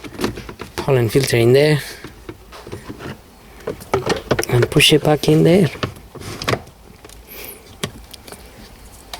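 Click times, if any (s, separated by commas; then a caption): 7.8 s. A plastic cabin pollen filter cover on a 2004 Honda Accord is pushed back into the HVAC housing behind the glove box after a new filter is fitted, while someone talks. Scattered plastic taps and handling knocks lead to a sharp click at 7.8 s as the cover seats and is left secure.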